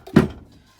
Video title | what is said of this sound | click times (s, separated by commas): Vintage 1978 Numatic nv250 restoration/clean up | there is the middle case in pops | 0.2 s